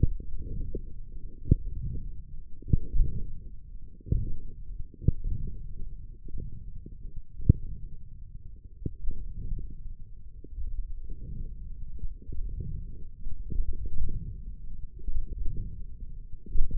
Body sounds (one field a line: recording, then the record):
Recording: forearm muscle sounds (acoustic myography)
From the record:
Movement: wrist flexion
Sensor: system 1, eight BSWA MPA416 microphones around the upper forearm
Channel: 3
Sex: male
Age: 21 years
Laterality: right